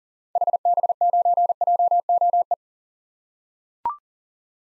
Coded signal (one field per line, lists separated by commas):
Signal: Morse code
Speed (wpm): 40 wpm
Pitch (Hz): 700 Hz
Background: none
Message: HB9JOE